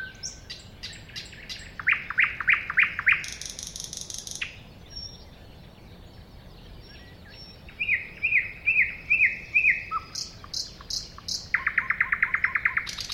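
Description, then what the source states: Thrush nightingale song, fast chock notes, a rasping buzz, brief quiet, then sliding whistled notes and a rapid ticking run. Recorded at a woodland edge next to a lake.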